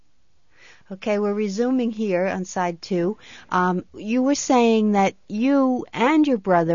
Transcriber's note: none